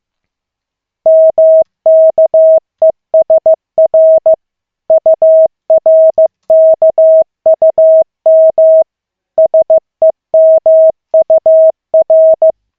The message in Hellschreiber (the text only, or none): none